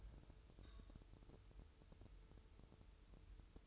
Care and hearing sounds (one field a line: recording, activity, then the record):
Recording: daily activity, microphone in the room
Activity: take from stove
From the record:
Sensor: 2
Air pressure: 988.2 hPa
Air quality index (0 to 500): 191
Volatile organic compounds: 184 ppm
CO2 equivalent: 4157 ppm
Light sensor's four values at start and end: 21/71/28/27 and 21/71/28/27